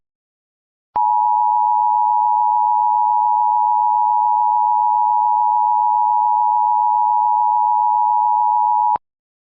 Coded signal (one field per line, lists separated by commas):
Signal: Emergency Alert System (SAME) tones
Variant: 853 and 960 Hz attention tone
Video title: MISS JINXERIE'S CURSE... 🌪 || EAS Alerts from March 30, 2024 (EAS #2,486- 2,502)